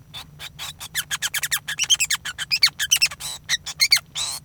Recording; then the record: song of a male Bengalese finch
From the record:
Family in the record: son of father 5